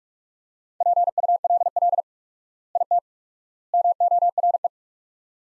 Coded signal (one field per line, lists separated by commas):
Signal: Morse code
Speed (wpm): 46 wpm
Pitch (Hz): 700 Hz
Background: none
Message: PULL IT MORE